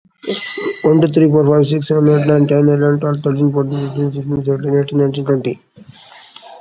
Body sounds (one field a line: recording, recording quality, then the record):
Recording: counting at a fast pace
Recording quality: excellent, no background noise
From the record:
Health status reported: COVID-19 positive, mild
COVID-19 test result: positive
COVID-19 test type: RT-PCR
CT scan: not taken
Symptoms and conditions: cough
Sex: male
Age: 33 years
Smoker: no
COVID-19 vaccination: one dose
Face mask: not worn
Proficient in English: yes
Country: India